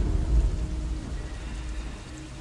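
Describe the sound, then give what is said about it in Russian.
Light rain falls in a steady, even hiss at around 5 a.m. on a road lined with dense forest, with a brief low rumble of thunder swelling near the start before fading into the patter. “В это время, приблизительно около 5 часов утра, сменилась погода, и на улице начал накрапывать дождик, который непонятно откуда взялся, так как небо всего полчаса назад было совершенно безоблачным.”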